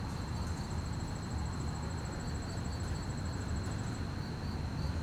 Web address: QUIET STREET Night fast chirp crickets, distant activities, slight wind. Articulated Sounds - Quiet Streets. Sonniss